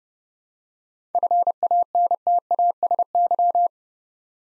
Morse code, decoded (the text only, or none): FANTASY